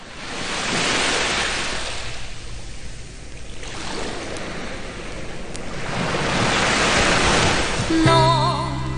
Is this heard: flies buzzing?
no